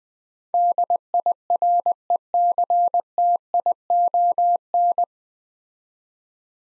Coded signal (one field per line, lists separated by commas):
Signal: Morse code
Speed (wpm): 20 wpm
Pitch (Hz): 700 Hz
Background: none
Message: DIRECTION